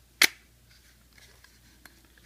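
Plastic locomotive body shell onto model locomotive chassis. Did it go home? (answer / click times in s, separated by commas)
no / none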